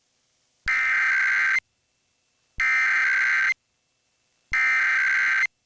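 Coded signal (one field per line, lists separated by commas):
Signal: Emergency Alert System (SAME) tones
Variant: header bursts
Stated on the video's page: Required monthly tests from Kentucky and Pennsylvania.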